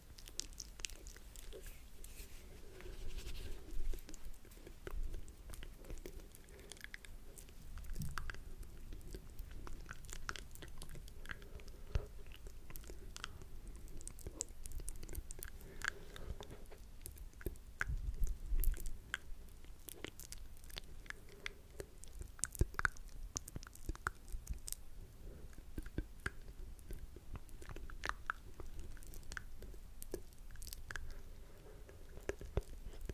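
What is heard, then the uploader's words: ASMR mouth sounds: a constant stream of wet clicks, smacks and chewing noises, dense and irregular, over a low rumble throughout. ASMR Mouth Sounds.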